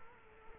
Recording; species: mosquito wingbeat signal from an infrared sensor; Culex quinquefasciatus